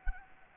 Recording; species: mosquito wingbeat signal from an infrared sensor; Anopheles gambiae